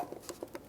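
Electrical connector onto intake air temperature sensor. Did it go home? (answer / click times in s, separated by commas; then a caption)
yes / 0.6 s. On a 2007–18 Jeep Wrangler, the plastic electrical connector is lined up and pushed onto the intake air temperature sensor. A few short plastic ticks come at about 0.1, 0.3 and 0.4 seconds, and the loudest, sharpest click comes at 0.6 seconds as the connector seats.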